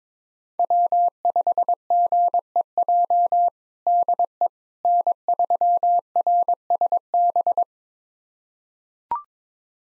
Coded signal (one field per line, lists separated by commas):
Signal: Morse code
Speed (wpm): 22 wpm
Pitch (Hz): 700 Hz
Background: none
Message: W5GEJ DE N3RSB